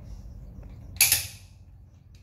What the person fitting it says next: hear that click that means I'm at the spec